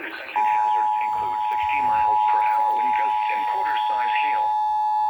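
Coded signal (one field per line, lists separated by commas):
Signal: Emergency Alert System (SAME) tones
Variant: 853 and 960 Hz attention tone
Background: speech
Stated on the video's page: Severe thunderstorm warning from NWS Indianapolis received on weather radio and FM radio.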